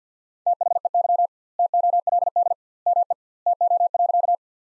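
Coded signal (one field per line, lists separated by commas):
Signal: Morse code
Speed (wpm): 46 wpm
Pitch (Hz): 700 Hz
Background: none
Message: THEY TOLD ME TO.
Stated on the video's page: Morse practice sentences from the top 400 words at 50 wpm with 2x standard word spacing, a word-based analogue of Farnsworth spacing.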